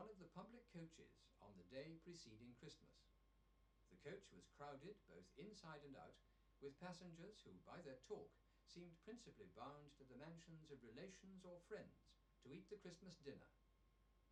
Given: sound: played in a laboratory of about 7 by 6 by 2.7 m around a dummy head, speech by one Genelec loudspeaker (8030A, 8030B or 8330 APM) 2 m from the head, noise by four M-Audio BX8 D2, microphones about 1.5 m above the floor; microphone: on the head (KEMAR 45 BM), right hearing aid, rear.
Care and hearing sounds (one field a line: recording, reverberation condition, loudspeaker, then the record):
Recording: male speech in English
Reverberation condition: low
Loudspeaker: 150 degrees to the left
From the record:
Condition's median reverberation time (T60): about 310 ms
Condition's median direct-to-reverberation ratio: about 3.5 dB